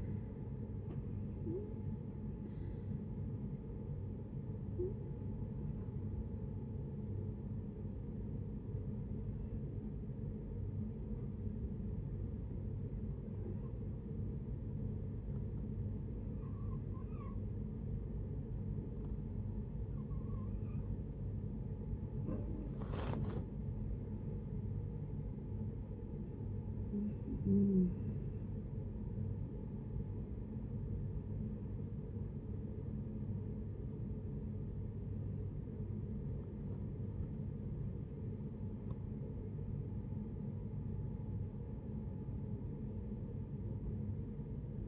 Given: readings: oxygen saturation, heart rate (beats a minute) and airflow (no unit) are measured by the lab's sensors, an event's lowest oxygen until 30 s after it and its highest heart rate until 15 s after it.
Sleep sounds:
breathing in sleep by a smartphone at the bedside; 1
7.00-25.30 s: hypopnea (N2, oxygen 95% highest, then 85% lowest, heart rate 72 at the start, 78 highest)
37.00-44.88 s: new sleep stage, N1 (lightest sleep)
From the record:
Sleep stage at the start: N2 (light sleep); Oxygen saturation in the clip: 85 to 95%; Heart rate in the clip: 65 to 80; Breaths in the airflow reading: 10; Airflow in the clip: -11.9 to 12.9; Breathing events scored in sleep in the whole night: 496 in 5.4 hours asleep

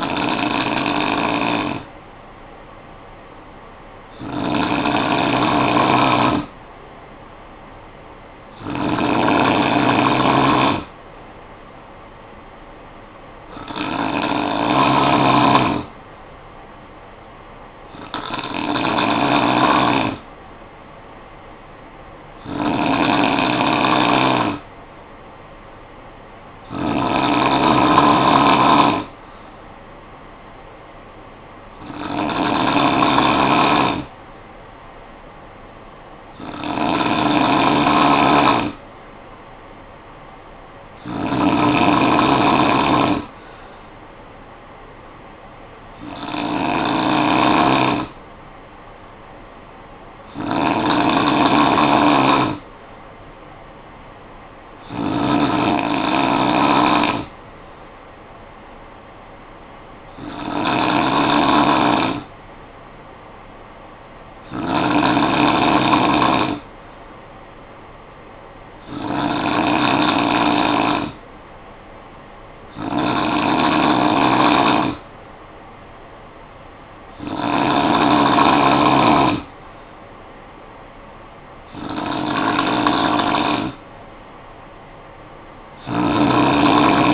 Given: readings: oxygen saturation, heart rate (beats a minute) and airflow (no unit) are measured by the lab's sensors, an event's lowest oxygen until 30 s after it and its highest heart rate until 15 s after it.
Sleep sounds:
breathing in sleep by a voice recorder at the bedside; none
none scored
From the record:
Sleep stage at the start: N2 (light sleep); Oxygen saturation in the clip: 92 to 95%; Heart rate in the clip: 53 to 63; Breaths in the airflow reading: 19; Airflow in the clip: -8.2 to 4.3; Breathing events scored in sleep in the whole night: 445 in 7.6 hours asleep

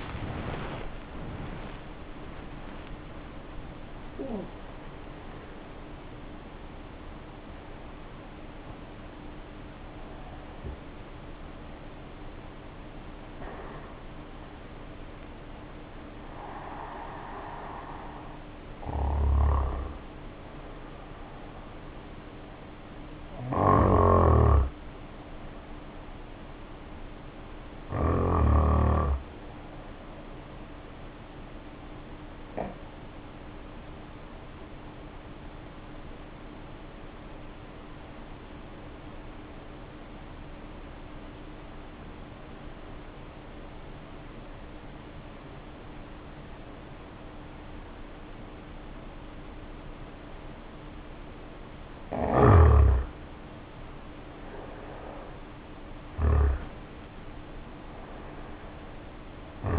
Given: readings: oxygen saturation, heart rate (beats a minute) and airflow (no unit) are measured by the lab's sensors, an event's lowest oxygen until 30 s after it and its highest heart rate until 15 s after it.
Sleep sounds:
breathing in sleep by a voice recorder at the bedside; 1
34.00-54.20 s: hypopnea (N1, oxygen 97% highest, then 80% lowest, heart rate 52 at the start, 68 highest)
From the record:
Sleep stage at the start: N1 (lightest sleep); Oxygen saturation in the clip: 70 to 97%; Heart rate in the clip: 50 to 86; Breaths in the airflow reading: 19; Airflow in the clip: -2.2 to 1.1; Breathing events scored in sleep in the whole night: 520 in 7.2 hours asleep

